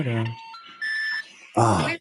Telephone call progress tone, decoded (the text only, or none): special information tone